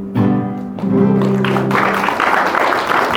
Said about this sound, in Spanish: Practicaba su violín el sapo Ramón, pero viene un aplauso y termina la lección.